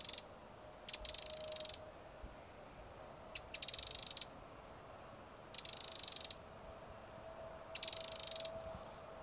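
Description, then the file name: Eurasian wren giving dry, hissing rattle calls, each burst under a second, repeated about every two seconds, with a few sharp ticks in between and a steady low hum. "Troglodytes troglodytes"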